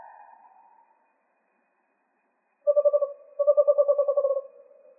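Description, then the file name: Western screech owl giving rapid pulsed hooting trills, one fading at the start, then two bouncing series of evenly spaced notes; otherwise quiet. Recorded in Arizona on January 7, 2006. "WESO 3 D deviche"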